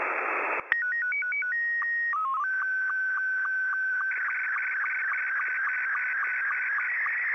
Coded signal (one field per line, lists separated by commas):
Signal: SSTV (slow-scan television)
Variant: Scottie 2